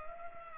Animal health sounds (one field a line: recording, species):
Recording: mosquito wingbeat signal from an infrared sensor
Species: Culex pipiens